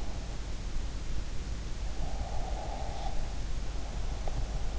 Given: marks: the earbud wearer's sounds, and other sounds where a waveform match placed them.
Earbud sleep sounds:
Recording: sounds in sleep by an in-ear microphone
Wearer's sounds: breath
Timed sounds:
2.10-4.43 s: breath

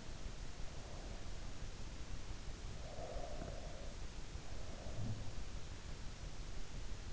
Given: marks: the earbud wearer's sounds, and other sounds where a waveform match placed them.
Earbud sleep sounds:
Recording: sounds in sleep by an in-ear microphone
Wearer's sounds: breath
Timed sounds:
2.34-5.59 s: breath

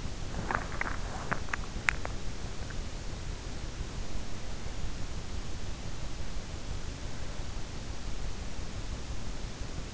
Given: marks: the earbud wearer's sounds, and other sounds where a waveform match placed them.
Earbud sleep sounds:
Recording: sounds in sleep by an in-ear microphone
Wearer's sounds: teeth grinding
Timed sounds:
0.00-2.40 s: teeth grinding

